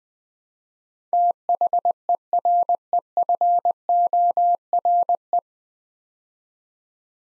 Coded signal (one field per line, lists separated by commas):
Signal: Morse code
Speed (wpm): 20 wpm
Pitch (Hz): 700 Hz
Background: none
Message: THEREFORE